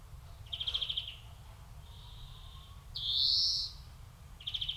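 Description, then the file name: European greenfinch: a short buzzing trill, a faint softer note, then a loud drawn-out wheeze, followed by another quick trill at the end. "Chloris chloris"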